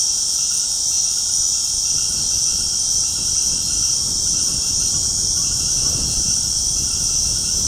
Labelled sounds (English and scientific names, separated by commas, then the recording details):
none
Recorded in secondary vegetation near Puerto Asís, Putumayo, Colombia, on 21 February 2024 at 20:30
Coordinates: 0.489, -76.322
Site G6419